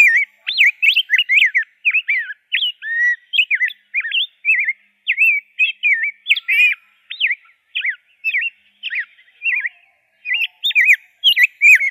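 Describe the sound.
Rose-breasted grosbeak singing a long, continuous run of rich warbled, up-and-down whistled notes, closely spaced with brief pauses throughout.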